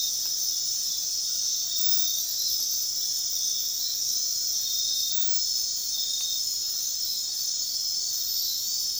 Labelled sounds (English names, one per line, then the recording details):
none
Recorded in dense forest near Puerto Asís, Putumayo, Colombia, on 18 February 2024 at 00:00
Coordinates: 0.466, -76.327
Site G6413